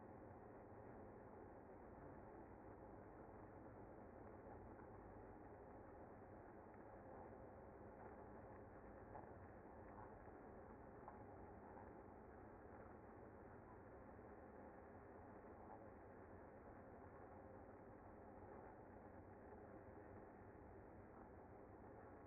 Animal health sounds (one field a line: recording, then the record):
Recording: honeybee colony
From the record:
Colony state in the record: active